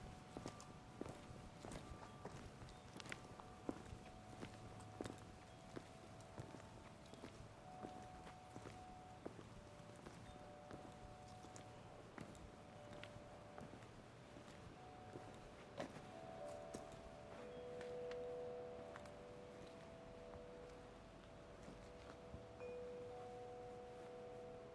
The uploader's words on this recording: An early morning walk through Wolf's Prairie Park during high winds. The rhythmic steps of your host.